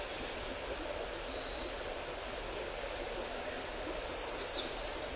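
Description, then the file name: Eastern crowned warbler giving a thin high buzzy note, then a brighter slurred phrase near the end, against a continuous rushing noise. "crowned willow warbler"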